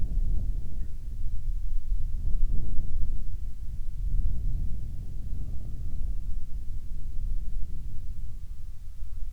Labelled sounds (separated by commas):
bird, wind